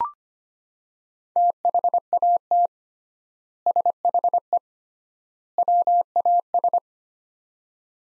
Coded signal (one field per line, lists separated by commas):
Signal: Morse code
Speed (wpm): 25 wpm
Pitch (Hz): 700 Hz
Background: none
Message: THAT SHE WAS